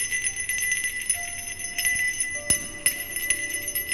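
A hand bell jingles steadily for several seconds, bright high overtones ringing on, with a couple of sharper clanks near the end and no voices.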